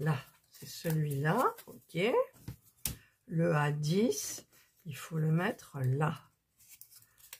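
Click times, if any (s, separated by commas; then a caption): 6.8 s, 7.3 s. Piece A10 of a 3D craft puzzle is pushed into its slot in the puzzle frame while someone talks. After the speech, short clicks are heard at 6.8 s and 7.3 s as the piece engages well and goes all the way in, seating in place.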